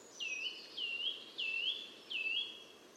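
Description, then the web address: Eurasian blue tit calls: four clear high notes, each dipping then rising, with short gaps between, over a faint background hiss. "Deverinetal 2025 File origin Bird Only Cy Ca"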